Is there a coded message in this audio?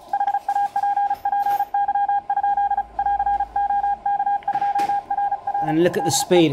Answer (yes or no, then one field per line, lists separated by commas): yes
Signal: Morse code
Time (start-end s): 0.1-6.4 s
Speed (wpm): 36 wpm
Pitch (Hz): 810 Hz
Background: speech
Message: HAPPY?<AR>OK2RR DE